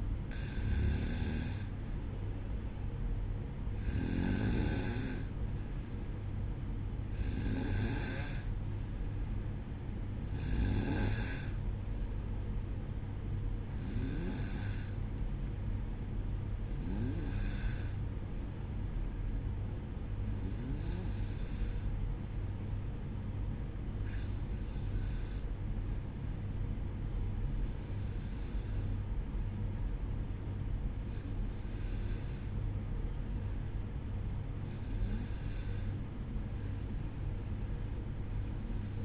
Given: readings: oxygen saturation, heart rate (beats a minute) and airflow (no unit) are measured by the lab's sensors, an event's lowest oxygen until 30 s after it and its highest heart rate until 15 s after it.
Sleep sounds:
breathing in sleep by a smartphone at the bedside; none
none scored
From the record:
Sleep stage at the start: N2 (light sleep); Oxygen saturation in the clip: 92 to 94%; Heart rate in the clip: 58 to 64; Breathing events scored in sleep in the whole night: 305 in 9.6 hours asleep

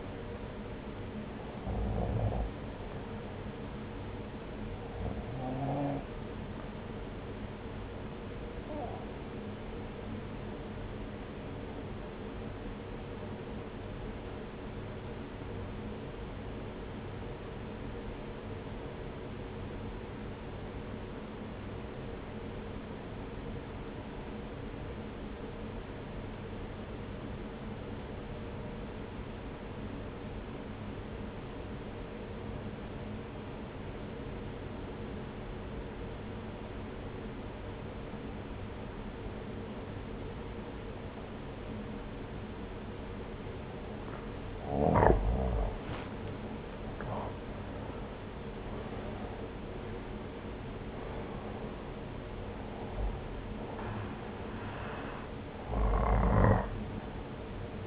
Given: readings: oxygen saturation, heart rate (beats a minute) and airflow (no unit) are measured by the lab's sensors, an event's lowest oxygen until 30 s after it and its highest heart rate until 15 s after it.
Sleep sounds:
breathing in sleep by a voice recorder at the bedside; 1
2.00-32.00 s: new sleep stage, N1 (lightest sleep)
15.00-46.40 s: obstructive apnea (N1, oxygen 95% highest, then 84% lowest)
32.00-57.87 s: new sleep stage, N2 (light sleep)
From the record:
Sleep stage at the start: N2 (light sleep); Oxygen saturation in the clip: 85 to 95%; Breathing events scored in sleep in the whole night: 303 in 8.1 hours asleep

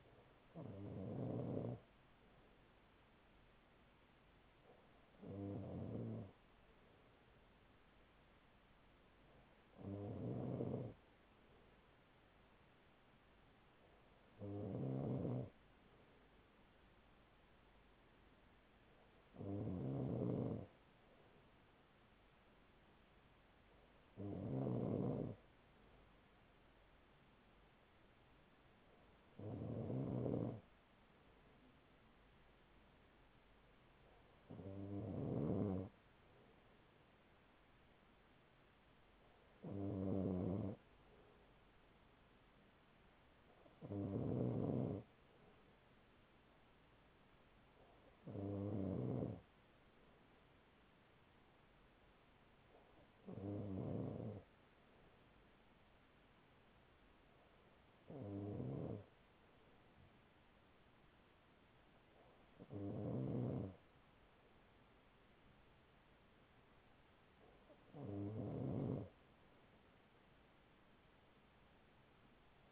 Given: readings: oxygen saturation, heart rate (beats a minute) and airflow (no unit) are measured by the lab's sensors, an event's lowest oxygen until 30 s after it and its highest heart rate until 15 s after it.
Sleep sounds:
breathing in sleep by a voice recorder at the bedside; none
none scored
From the record:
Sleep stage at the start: N2 (light sleep); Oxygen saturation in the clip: 95 to 96%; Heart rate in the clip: 40 to 44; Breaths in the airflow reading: 15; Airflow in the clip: -5.6 to 4.6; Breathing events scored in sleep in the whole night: 207 in 7.6 hours asleep

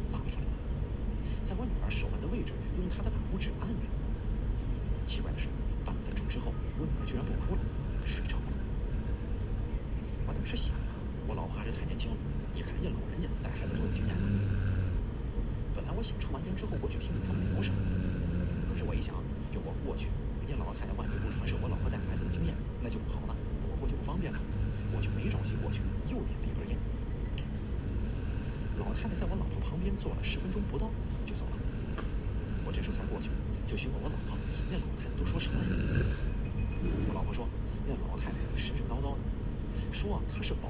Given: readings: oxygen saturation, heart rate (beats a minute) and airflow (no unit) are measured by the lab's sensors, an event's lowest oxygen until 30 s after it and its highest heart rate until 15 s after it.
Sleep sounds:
breathing in sleep by a smartphone at the bedside; 1
16.00-35.90 s: hypopnea (N2, oxygen 94% highest, then 92% lowest)
From the record:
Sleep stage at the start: N2 (light sleep); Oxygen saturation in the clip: 93 to 95%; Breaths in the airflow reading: 13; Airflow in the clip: -2.5 to 4.9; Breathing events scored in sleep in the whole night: 335 in 6.7 hours asleep

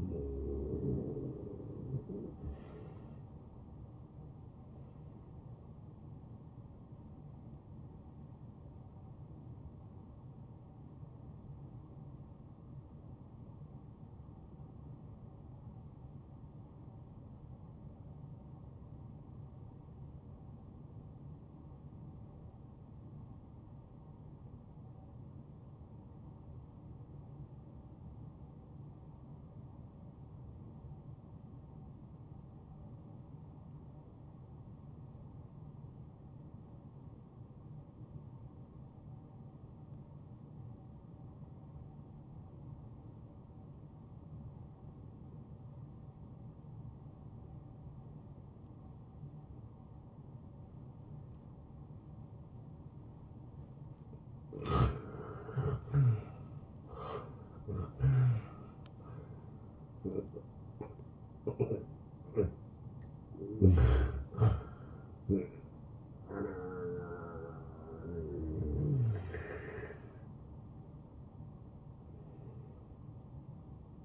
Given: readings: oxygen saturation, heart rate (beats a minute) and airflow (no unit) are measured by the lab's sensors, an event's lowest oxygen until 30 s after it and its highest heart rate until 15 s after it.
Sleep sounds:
breathing in sleep by a smartphone at the bedside; 1
10.00-54.50 s: hypopnea (N1, oxygen 96% highest, then 82% lowest, heart rate 75 at the start, 85 highest)
12.00-72.00 s: new sleep stage, N2 (light sleep)
72.00-74.05 s: new sleep stage, N1 (lightest sleep)
From the record:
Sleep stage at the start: N1 (lightest sleep); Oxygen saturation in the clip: 84 to 96%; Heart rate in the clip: 67 to 85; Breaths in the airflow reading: 9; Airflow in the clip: -15.7 to 11.1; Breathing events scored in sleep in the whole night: 263 in 5.5 hours asleep

